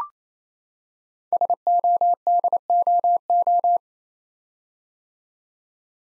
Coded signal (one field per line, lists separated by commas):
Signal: Morse code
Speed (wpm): 28 wpm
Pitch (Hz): 700 Hz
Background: none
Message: SODOO